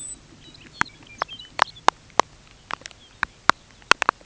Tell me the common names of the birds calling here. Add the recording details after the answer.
Lapland Longspur. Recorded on Arctic tundra, site UTQI-5, on 13 June 2019. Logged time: 16:00